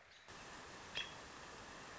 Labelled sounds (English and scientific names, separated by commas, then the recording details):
American Robin (Turdus migratorius)
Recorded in Sonoma County, California